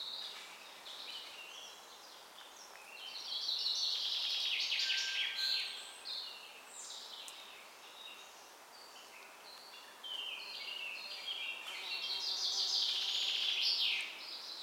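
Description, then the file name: Common chaffinch song: two loud trilled phrases separated by a pause. "Fringilla coelebs"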